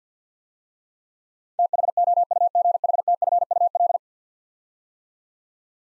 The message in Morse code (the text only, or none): THOUGHTFUL